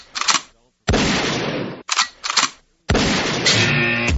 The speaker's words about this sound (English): How about a couple of gunshots for you here?